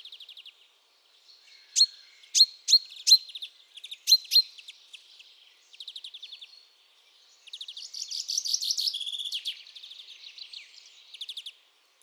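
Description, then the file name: Common chaffinch song: a few sharp, high chip notes, then a quick rattling trill that ends in a brief flourish, with softer trills before and after. "Fringilla coelebs"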